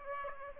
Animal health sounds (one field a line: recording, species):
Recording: mosquito wingbeat signal from an infrared sensor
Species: Aedes aegypti